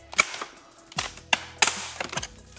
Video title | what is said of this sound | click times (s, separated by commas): ROG Strix G17 G712LV von Innen - RAM, SSD, Akku, Lüfter wechseln | und ja das laute Knacken gehört dazu das ist einfach wenn Sie die einrast Stellen lösen da braucht man keine Angst | 0.2 s, 1.3 s, 1.6 s